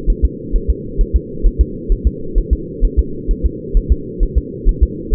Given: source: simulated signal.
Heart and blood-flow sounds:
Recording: fetal heart sounds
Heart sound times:
0.10 s: S1
0.25 s: S2
0.56 s: S1
0.70 s: S2
1.01 s: S1
1.16 s: S2
1.46 s: S1
1.61 s: S2
1.92 s: S1
2.07 s: S2
2.38 s: S1
2.53 s: S2
2.85 s: S1
2.99 s: S2
3.31 s: S1
3.46 s: S2
3.77 s: S1
3.92 s: S2
4.23 s: S1
4.38 s: S2
4.69 s: S1
4.83 s: S2
5.14 s: S1
From the record:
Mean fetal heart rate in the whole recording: 130 bpm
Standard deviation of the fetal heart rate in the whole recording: 4 bpm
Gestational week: 38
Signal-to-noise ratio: -4.3 dB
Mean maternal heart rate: 72 bpm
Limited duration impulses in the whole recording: absent

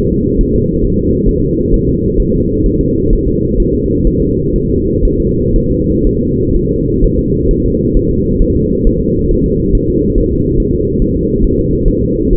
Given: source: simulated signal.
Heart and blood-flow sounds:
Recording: fetal heart sounds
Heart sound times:
0.12 s: S2
0.41 s: S1
0.56 s: S2
0.84 s: S1
0.99 s: S2
1.29 s: S1
1.43 s: S2
1.74 s: S1
1.88 s: S2
2.20 s: S1
2.34 s: S2
2.66 s: S1
2.81 s: S2
3.13 s: S1
3.28 s: S2
3.60 s: S1
3.75 s: S2
4.07 s: S1
4.22 s: S2
4.56 s: S1
4.70 s: S2
5.05 s: S1
5.20 s: S2
5.56 s: S1
5.71 s: S2
6.07 s: S1
6.21 s: S2
6.56 s: S1
6.71 s: S2
7.05 s: S1
7.19 s: S2
7.51 s: S1
7.66 s: S2
7.97 s: S1
8.11 s: S2
8.42 s: S1
8.56 s: S2
8.87 s: S1
9.01 s: S2
9.31 s: S1
9.46 s: S2
9.75 s: S1
9.90 s: S2
10.18 s: S1
10.33 s: S2
10.60 s: S1
10.75 s: S2
11.02 s: S1
11.17 s: S2
11.44 s: S1
11.59 s: S2
11.88 s: S1
12.03 s: S2
12.33 s: S1
From the record:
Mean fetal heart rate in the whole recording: 130 bpm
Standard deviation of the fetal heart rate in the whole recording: 4 bpm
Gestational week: 38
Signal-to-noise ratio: -14.7 dB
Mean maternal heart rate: 72 bpm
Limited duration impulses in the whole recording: present

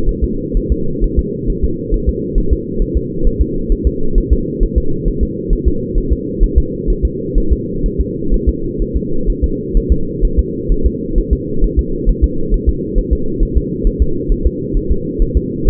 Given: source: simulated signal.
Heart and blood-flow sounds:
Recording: fetal heart sounds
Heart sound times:
0.09 s: S1
0.24 s: S2
0.57 s: S1
0.72 s: S2
1.04 s: S1
1.19 s: S2
1.50 s: S1
1.64 s: S2
1.94 s: S1
2.09 s: S2
2.38 s: S1
2.53 s: S2
2.82 s: S1
2.97 s: S2
3.27 s: S1
3.41 s: S2
3.72 s: S1
3.87 s: S2
4.18 s: S1
4.33 s: S2
4.63 s: S1
4.78 s: S2
5.08 s: S1
5.23 s: S2
5.53 s: S1
5.68 s: S2
5.98 s: S1
6.12 s: S2
6.44 s: S1
6.58 s: S2
6.90 s: S1
7.05 s: S2
7.38 s: S1
7.52 s: S2
7.86 s: S1
8.01 s: S2
8.34 s: S1
8.49 s: S2
8.82 s: S1
8.97 s: S2
9.30 s: S1
9.44 s: S2
9.77 s: S1
9.92 s: S2
10.25 s: S1
10.39 s: S2
10.72 s: S1
10.87 s: S2
11.18 s: S1
11.33 s: S2
11.64 s: S1
11.79 s: S2
12.09 s: S1
12.24 s: S2
12.54 s: S1
12.69 s: S2
12.98 s: S1
13.13 s: S2
13.43 s: S1
13.57 s: S2
13.87 s: S1
14.02 s: S2
14.32 s: S1
14.46 s: S2
14.77 s: S1
14.91 s: S2
15.22 s: S1
15.37 s: S2
15.68 s: S1
From the record:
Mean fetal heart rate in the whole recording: 130 bpm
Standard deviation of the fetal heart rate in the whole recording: 4 bpm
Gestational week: 38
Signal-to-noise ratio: -8.1 dB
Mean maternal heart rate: 72 bpm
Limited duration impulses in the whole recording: absent

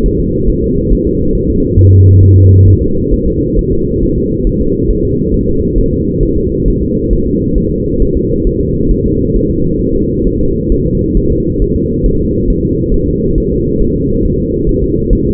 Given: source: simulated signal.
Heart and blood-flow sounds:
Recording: fetal heart sounds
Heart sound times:
0.06 s: S1
0.20 s: S2
0.50 s: S1
0.64 s: S2
0.93 s: S1
1.07 s: S2
1.35 s: S1
1.50 s: S2
1.79 s: S1
1.93 s: S2
2.23 s: S1
2.37 s: S2
2.68 s: S1
2.82 s: S2
3.14 s: S1
3.28 s: S2
3.59 s: S1
3.73 s: S2
4.03 s: S1
4.18 s: S2
4.47 s: S1
4.61 s: S2
4.91 s: S1
5.05 s: S2
5.34 s: S1
5.49 s: S2
5.78 s: S1
5.93 s: S2
6.23 s: S1
6.38 s: S2
6.68 s: S1
6.82 s: S2
7.13 s: S1
7.28 s: S2
7.58 s: S1
7.72 s: S2
8.02 s: S1
8.17 s: S2
8.47 s: S1
8.61 s: S2
8.91 s: S1
9.06 s: S2
9.36 s: S1
9.51 s: S2
9.81 s: S1
9.96 s: S2
10.27 s: S1
10.41 s: S2
10.72 s: S1
10.87 s: S2
11.17 s: S1
11.32 s: S2
11.62 s: S1
11.76 s: S2
12.06 s: S1
12.21 s: S2
12.50 s: S1
12.65 s: S2
12.94 s: S1
13.08 s: S2
13.38 s: S1
13.52 s: S2
13.81 s: S1
13.96 s: S2
14.25 s: S1
14.40 s: S2
14.69 s: S1
14.84 s: S2
15.13 s: S1
15.27 s: S2
From the record:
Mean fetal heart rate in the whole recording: 135 bpm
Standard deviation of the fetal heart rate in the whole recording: 3 bpm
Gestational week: 36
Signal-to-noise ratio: -15.3 dB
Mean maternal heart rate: 72 bpm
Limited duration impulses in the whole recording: present

